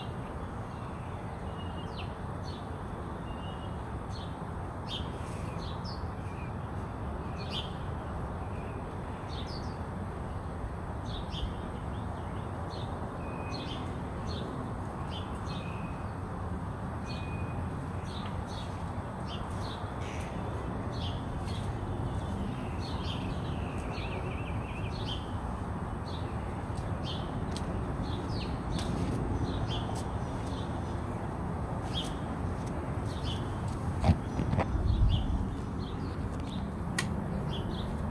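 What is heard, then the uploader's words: Many birds chirp and call outside a house, short bright notes scattered throughout over a steady low rumble, with a louder burst near 34 seconds. Bird conversations (mockingbirds, house finches, sparrows, starlings, blue jays, crows, and chickadees) outside my house.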